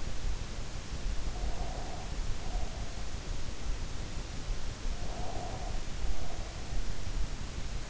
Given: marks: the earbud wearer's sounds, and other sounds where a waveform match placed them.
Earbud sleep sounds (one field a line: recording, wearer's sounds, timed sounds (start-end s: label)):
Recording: sounds in sleep by an in-ear microphone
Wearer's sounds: breath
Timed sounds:
1.24-3.06 s: breath
4.88-6.76 s: breath